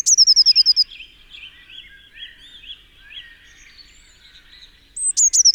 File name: Cyanistes caeruleus